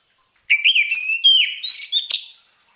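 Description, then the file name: Orange-headed thrush song, one continuous run of clear whistled notes that slide up and down, mixed with thin high chirps, lasting about two seconds. Song therapy for an orange-headed thrush that has stopped singing. "terapi suara anis merah macet bunyi"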